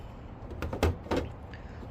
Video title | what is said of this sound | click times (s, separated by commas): PS5 PlayStation Play Station PS 5 Bug Cockroach Infersted Clean Up Side Panel Removal Close Up | and then drop it in and slide it over you'll hear it click into place there we go | 0.8 s